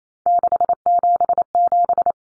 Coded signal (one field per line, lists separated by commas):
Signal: Morse code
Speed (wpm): 28 wpm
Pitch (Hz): 700 Hz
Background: none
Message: 677